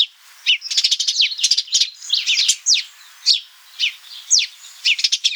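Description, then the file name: House sparrow chirping: bursts of short, bright, downward-sweeping chirps, some quick and clustered, others spaced about half a second apart, with no other clear sounds. "Passer domesticus"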